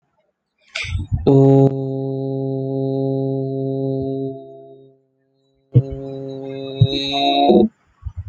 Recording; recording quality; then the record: sustained vowel as in boot; excellent, no background noise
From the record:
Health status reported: respiratory illness, not identified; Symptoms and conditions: asthma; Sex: male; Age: 26 years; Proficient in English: yes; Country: India